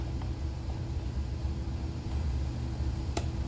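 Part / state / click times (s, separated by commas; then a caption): pressure arm torque knob on an FT-IR ATR accessory / torque reached / 3.2 s. The pressure arm torque knob on a PerkinElmer Spectrum Two FT-IR spectrometer's ATR accessory is turned down onto a powder sample covering the ATR crystal, over a steady low hum. A faint tick is heard at 0.2 s. At 3.2 s the knob's slip clutch gives a sharp click, signalling that maximum force has been applied.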